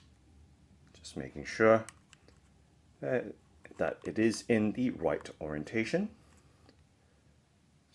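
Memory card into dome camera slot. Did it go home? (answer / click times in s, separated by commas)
no / none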